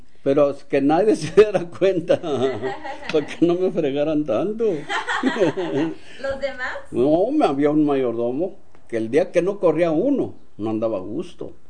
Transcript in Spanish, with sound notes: pero que nadie se diera (risas) cuenta, (risas) pa que no me fregaran tanto. (risas)
¿Los demás?
¡Nombre! Había un mayordomo, que el día que no corría uno, no andaba a gusto.